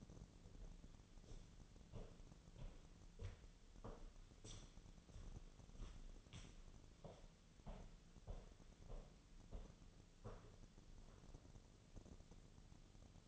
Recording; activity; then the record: daily activity, microphone in the room; walk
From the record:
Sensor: 4